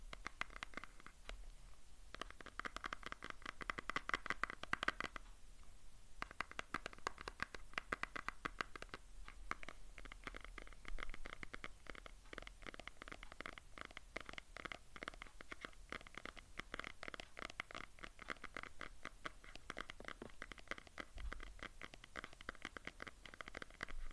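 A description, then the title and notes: Rapid fingernail tapping and light scratching on a phone, dense and uneven clicks running throughout. Phone tapping ASMR. I was tapping my phone for ASMR.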